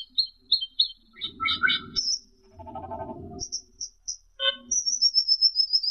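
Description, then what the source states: Camperling song: short chirps repeated in quick bursts, then high thin whistles and a fast series of high sharp notes, over a low rumbling background. Masteran song, used as a training recording to teach songbirds to sing.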